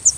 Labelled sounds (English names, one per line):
Yellow-throated Warbler flight call